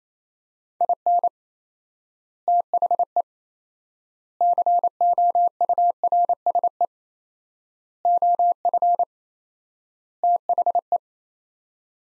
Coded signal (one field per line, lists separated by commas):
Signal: Morse code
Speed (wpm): 27 wpm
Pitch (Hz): 700 Hz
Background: none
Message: IN THE COURSE OF THE